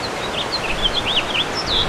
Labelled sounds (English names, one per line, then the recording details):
House Finch song
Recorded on Long Island, New York, on 2 June 2012
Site CP
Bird D